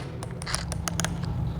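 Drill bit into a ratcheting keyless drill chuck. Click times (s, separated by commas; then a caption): 0.4 s, 0.5 s, 0.7 s, 0.9 s, 1.0 s. A drill bit is hand-tightened into a metal keyless drill chuck with a ratchet lock. The chuck gives a run of sharp clicks at 0.4, 0.5, 0.7, 0.9, 1.0 and 1.0 s over a steady low hum. The chuck locks tight onto the bit and is seated.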